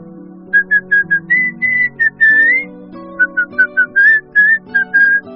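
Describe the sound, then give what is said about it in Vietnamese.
A man idly whistles a wandering tune in short, bouncy notes with a few longer sliding ones while kicking a pebble underfoot. The whistling is clear and high over a soft, low background melody. “Hắn vu vơ hít sáo, đá một hòn sỏi dưới chân.”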